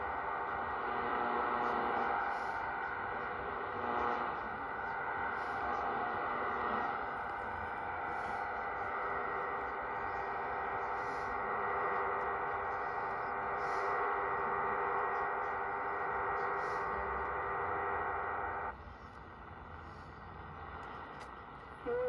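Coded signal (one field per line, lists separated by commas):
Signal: numbers station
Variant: HM01 digital mode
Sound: dense rushing multi-tone data hiss with steady whining tones, abruptly stopping near the end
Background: radio static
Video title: Cuban Numbers Station 11.635 Mhz 1/28/23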